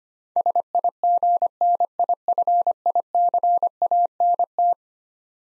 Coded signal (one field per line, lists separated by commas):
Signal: Morse code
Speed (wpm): 25 wpm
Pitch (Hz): 700 Hz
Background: none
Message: SIGNIFICANT